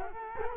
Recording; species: mosquito wingbeat signal from an infrared sensor; Culex quinquefasciatus